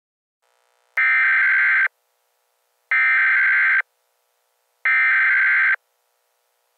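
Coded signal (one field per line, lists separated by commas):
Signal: Emergency Alert System (SAME) tones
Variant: header bursts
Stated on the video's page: Fictional EAS scenario with valid EAS tones.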